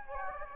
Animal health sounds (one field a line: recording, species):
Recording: mosquito wingbeat signal from an infrared sensor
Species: Anopheles gambiae